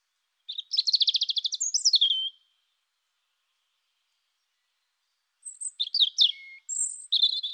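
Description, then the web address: European robin singing a rapid rattling trill followed, after a silent gap, by a thin, high, liquid warbling phrase. "annee nature rougegorge"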